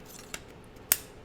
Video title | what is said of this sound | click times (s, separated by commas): What makes the McGrath such a useful device for COVID19 intubations? | take it out of the package slide it on you'll hear a little click | 0.9 s